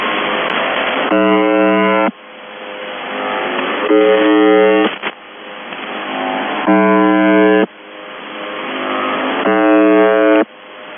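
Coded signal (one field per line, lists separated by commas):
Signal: numbers station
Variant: UVB-76 (The Buzzer)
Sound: four harsh one-second buzzes roughly every three seconds over shortwave hiss; no voice heard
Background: radio static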